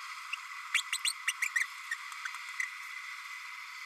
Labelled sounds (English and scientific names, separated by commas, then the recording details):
Green-rumped Parrotlet (Forpus passerinus) babbling
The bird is a male
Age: 30 days
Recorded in a nest box in Venezuela
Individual 17B32A6